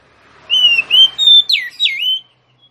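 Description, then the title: Oriental magpie-robin song: five loud, clear whistled notes, some flat and some swooping down then up, delivered in quick succession. Female song, used to provoke a male that has stopped singing into singing and fighting. "Suara kacer betinamemancing kacer jantan yg macet bunyi"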